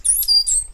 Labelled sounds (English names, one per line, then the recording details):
Stitchbird song
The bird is a male
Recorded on Tiritiri Matangi Island, New Zealand, in 2005
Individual 8, of nest box 10